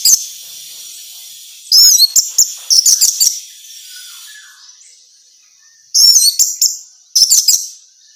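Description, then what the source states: Orange-headed thrush giving short bursts of very high, twittering notes in several quick groups, over a soft hiss. Female bird; recording used as a therapy or training sound.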